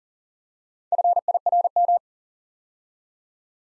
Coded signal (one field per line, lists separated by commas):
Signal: Morse code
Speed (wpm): 39 wpm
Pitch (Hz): 700 Hz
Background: none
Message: FIRM